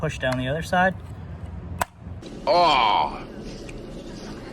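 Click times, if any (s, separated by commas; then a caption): 1.8 s. A flexible plastic deck-drain cover is slid into one side of a deck channel drain, bent in the middle, and the other side is pushed down while someone talks. One sharp snap at 1.8 s marks the cover seating into the slot, followed by a quieter tick at 3.7 s and more talking.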